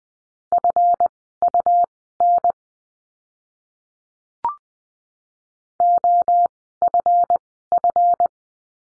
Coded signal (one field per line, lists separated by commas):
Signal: Morse code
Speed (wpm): 20 wpm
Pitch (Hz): 700 Hz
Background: none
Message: FUN OFF